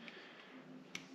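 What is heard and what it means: A venturi for a Marvel Schebler carburetor is set big side down into the carburetor body bore. A faint tick is heard at 0.1 s, then a sharp metallic tick at 1.0 s as the venturi drops into its seat. The venturi is seated.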